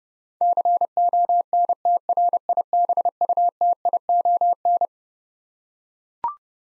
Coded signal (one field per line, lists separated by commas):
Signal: Morse code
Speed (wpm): 32 wpm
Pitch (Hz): 700 Hz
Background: none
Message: CONTRIBUTION